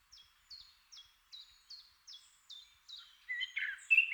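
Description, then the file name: Eurasian blackcap song begins with soft, evenly spaced notes, then breaks into a louder warble. "Sylvia atricapilla"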